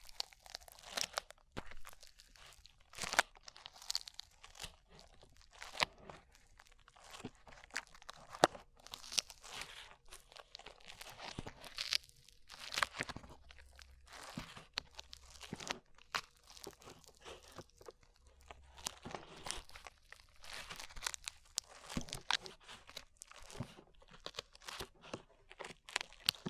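Slime being handled, with dense, irregular crunching and crackling pops that continue across the whole stretch. The sharp clicks and tearing, crinkly textures are bright and come in quick clusters, with a faint low hum underneath and no long pauses.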